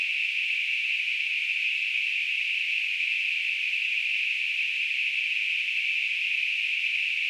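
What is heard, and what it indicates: Simulated tinnitus: a steady, unbroken hiss concentrated in a narrow band around 2–3 kHz, with nothing below about 1 kHz, holding the same loudness throughout.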